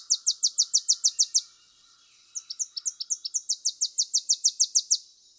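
Tennessee warbler song, a very high rapid trill ending one phrase, then a new song of spaced chips accelerating into a fast ringing trill.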